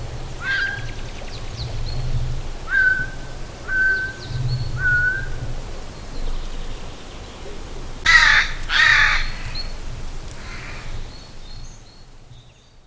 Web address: agykontroll Madardalok Cd 2. Szajkó